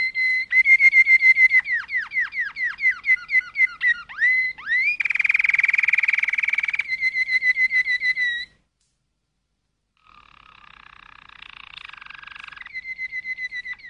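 Canary song: loud descending slurred whistles in quick series, a buzzy rolling trill, a steady whistled tour, silence, then softer trills.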